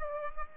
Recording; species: mosquito wingbeat signal from an infrared sensor; Aedes aegypti